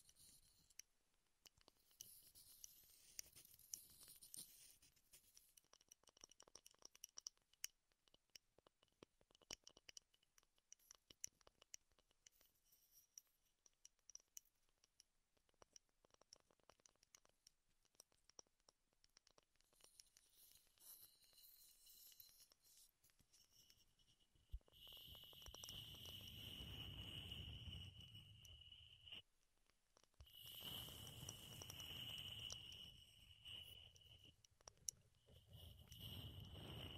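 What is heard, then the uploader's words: Wood triggers: scattered light taps and clicks through the first twenty-five seconds, some quick and crisp, others soft. Around 25–29 s and again from 30 s onward, denser rubbing and scraping swells in, fuller and louder, with a bright sustained tone above it. ASMR Wood Triggers in Your Ears (No Talking).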